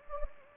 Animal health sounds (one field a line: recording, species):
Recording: mosquito wingbeat signal from an infrared sensor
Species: Anopheles gambiae